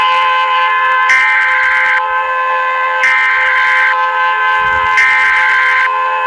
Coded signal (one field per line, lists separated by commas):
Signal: Emergency Alert System (SAME) tones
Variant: header bursts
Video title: country argenrtina eas alarm